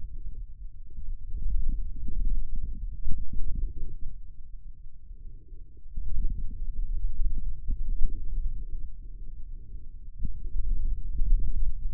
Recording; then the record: forearm muscle sounds (acoustic myography)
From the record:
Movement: hand opening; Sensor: system 2, bracelet of six BSWA MPA416 microphones around the upper forearm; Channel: 6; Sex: male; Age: 22 years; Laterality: right